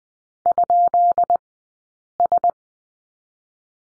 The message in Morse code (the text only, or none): ?S